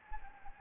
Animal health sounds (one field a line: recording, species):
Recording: mosquito wingbeat signal from an infrared sensor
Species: Anopheles gambiae